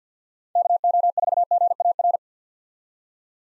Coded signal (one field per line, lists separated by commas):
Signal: Morse code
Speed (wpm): 46 wpm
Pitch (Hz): 700 Hz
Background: none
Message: KO4GAR